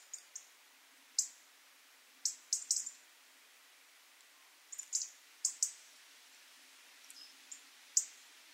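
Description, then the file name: European robin calls: scattered single and paired sharp, high ticks with quiet gaps between, over a faint hiss. "Erithacus rubecula"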